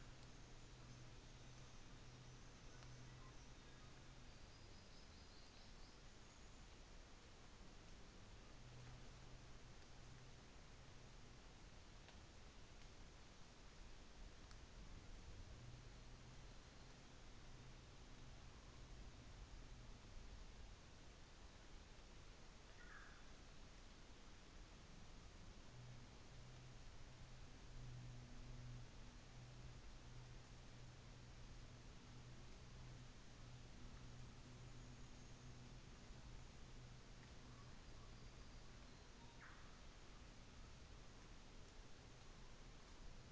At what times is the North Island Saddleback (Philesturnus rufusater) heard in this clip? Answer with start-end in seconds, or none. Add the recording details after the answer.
none. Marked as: faintness 5/5. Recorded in New Zealand on 24 December 2018. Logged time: 13:00